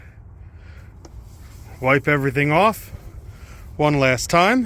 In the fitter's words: Tighten the top down till it clicks.